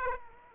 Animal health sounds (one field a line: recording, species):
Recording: mosquito wingbeat signal from an infrared sensor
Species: Aedes aegypti